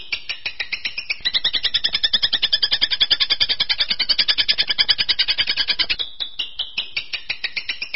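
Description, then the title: Long-tailed shrike song: a fast, harsh, chattering stream of scratchy notes that speeds up into a dense rattle, then slows back to separate buzzy notes. Song of a champion competition bird. "Kicau Burung Cendet Juara"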